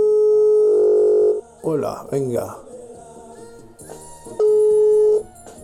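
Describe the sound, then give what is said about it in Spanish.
A telephone line's calling tone: a steady, buzzy mid-pitched tone sounds for about a second, a man speaks briefly, then the same tone returns for another second. “vamos a llamar a la señora Paloma”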